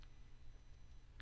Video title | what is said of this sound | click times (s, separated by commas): A Precision Electric Screwdriver Review - KAIWEETS ES21 | Just snaps in place. | 1.2 s